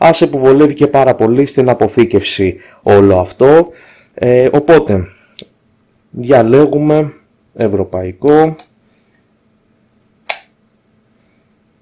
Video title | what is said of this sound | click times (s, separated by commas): Sonoff L1 led strip Unboxing (Greek) | το κουμπώνεις. | 10.3 s